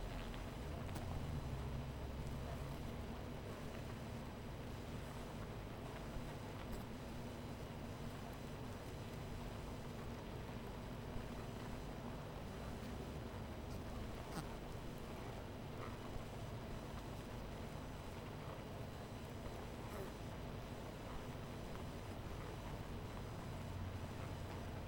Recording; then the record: honeybee colony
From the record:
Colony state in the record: missing queen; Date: 14 July 2017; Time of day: 12:21